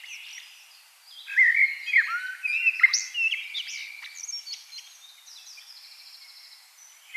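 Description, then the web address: Common blackbird giving a long phrase of fluty whistled notes that trails into quieter high twittering. "SETE data Turdus merula"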